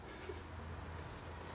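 A bobbin case is held and lined up with the bobbin housing of a sewing machine, its peg matched to the hole and its small arm up top, before it is stuck in and later snapped home. Only quiet handling is heard over a steady low hum and soft background hiss across the 1.6 seconds. Nothing has seated or clicked yet.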